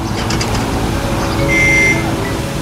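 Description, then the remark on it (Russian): A street watering truck drives along a road in the early morning, spraying fans of water; a steady rushing hiss of spray over a low engine rumble that swells slightly, with a thin high whine rising briefly near the end. “Струи воды веером расходятся за его спиной. Машина приближается. Вода накрывает парня с головой.”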